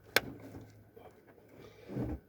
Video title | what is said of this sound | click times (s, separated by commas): 98 Chevy k1500 pulse board | and make sure it clicks okay | 0.2 s